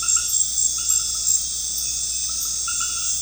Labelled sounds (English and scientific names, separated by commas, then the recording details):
none
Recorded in pastures near Puerto Asís, Putumayo, Colombia, on 13 March 2025 at 21:00
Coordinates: 0.502, -76.324
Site GP07